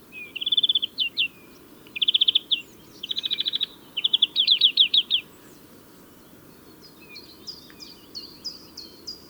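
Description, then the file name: European greenfinch twittering: several fast rattling trills in quick succession, then softer higher chirping notes trailing off. "Chloris chloris"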